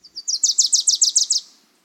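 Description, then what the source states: Wilson's Warbler song: a quick, high stuttering chatter of about ten buzzy notes, evenly spaced, before trailing off, with no other clear sounds. Song described as a stuttering, descending, accelerating chatter repeated over and over; the species lives in moist, brushy forest understories, especially along streams.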